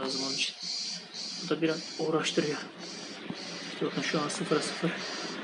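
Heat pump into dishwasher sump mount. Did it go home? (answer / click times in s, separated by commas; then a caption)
no / none. A replacement heat pump is handled and aligned into its plastic mount in the sump of a Bosch dishwasher while someone talks, with faint handling noises under the voice. The clip ends before the part goes home, and nothing has seated or clicked yet.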